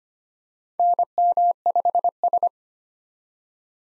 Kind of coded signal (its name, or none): Morse code